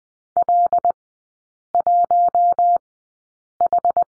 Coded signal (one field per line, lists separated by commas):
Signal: Morse code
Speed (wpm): 20 wpm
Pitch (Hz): 700 Hz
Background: none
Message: L1H